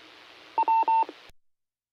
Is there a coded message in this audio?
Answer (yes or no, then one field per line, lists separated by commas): no